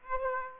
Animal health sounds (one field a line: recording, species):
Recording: mosquito wingbeat signal from an infrared sensor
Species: Aedes aegypti